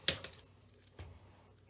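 A battery plug is pushed into the power lead of a Traxxas TRX4M RC crawler after the light holder and its screw are refitted, giving a sharp, bright click at 0.1 s, a softer tick around 0.2 s, and a dull low thump near 1.0 s. The connector seats and the vehicle is back on.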